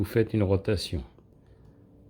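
Someone talks while handling a Singer sewing machine's plastic and metal bobbin case, which is being turned a quarter rotation into the hook assembly. Then there is only quiet. Nothing has seated or clicked yet.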